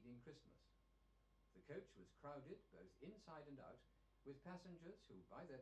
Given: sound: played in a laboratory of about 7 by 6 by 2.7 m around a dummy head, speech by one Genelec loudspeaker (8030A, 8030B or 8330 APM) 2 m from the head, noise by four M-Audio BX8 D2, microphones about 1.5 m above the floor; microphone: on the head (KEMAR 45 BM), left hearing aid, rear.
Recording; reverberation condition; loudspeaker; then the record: male speech in English; low; 60 degrees to the right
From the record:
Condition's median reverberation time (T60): about 310 ms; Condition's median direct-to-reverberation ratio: about 3.5 dB